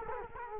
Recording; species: mosquito wingbeat signal from an infrared sensor; Culex quinquefasciatus